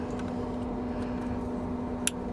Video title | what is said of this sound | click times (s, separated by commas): Hansshow Center Console Buttons: Upgrade Your Tesla Model 3/Y | Make sure it clicks. | 2.1 s